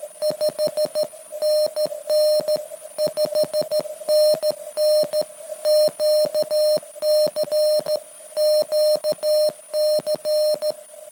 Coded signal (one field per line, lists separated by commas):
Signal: Morse code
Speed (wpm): 17 wpm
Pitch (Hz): 600 Hz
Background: none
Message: 5NN 5NN QC QC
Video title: Morse Code contact with Parks on the Air activator N0HR from Quebec to Iowa with the (tr)uSDX